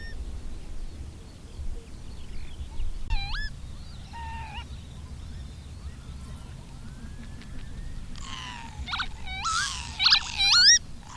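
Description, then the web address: Bird calls, sparse whistled notes early on, then a burst of loud, rasping and squealing calls near the end. "madarak enek"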